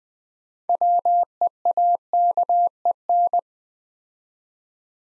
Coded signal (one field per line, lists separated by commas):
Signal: Morse code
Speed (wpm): 20 wpm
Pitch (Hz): 700 Hz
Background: none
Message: WEAKEN